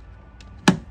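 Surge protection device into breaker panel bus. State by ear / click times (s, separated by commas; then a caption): seated / 0.7 s. A whole-home surge protection device, a plug-in breaker-style unit, is pushed into a breaker panel load center so it clips onto the bus bar. A faint handling knock around 0.4 s is followed by one loud, sharp, firm click at 0.7 s as it snaps onto the bus and seats.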